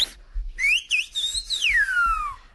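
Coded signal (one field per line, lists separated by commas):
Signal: whistled language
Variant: Canarian silbo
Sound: a loud human whistle gliding up, dipping, holding high, then sweeping down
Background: faint low thumps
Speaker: Sí, esto viene a ser algo como, ¿hay alguien por ahí?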